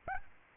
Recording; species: mosquito wingbeat signal from an infrared sensor; Aedes albopictus